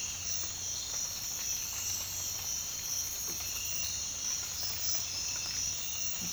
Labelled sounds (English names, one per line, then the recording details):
none
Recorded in dense forest near Puerto Asís, Putumayo, Colombia, on 19 March 2025 at 06:00
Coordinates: 0.484, -76.317
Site G064